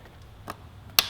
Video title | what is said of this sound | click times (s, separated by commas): 2017 Yamaha R6 Stock Bodywork Removal Tutorial from Sportbiketrackgear.com | down on the center you hear that snap you know you've got good positive engagement | 1.0 s